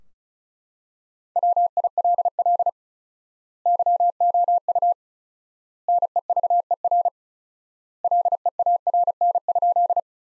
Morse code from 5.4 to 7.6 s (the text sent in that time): NEVER